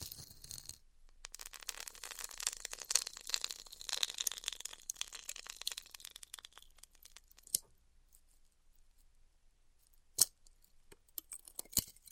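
Styrofoam being heat-cut gives a dense, bright crackling and hissing that runs from about one second to six seconds, thinning as it goes. Quieter stretches follow, broken by sharp clicks or snaps near seven and a half, ten and twelve seconds.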